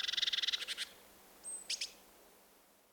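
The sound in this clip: Bird chirping: a rapid buzzy trill of pulsed notes, then a high thin whistle and two short chirps, with background hiss.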